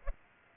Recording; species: mosquito wingbeat signal from an infrared sensor; Aedes aegypti